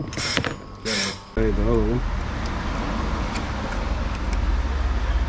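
A repaired clutch lining part is pushed into its housing during reassembly of the clutch on a Weima 1000W tiller, giving two sharp mechanical clicks close together at about 0.4 s. Someone talks, and steady noise continues afterward as the part sits seated in place.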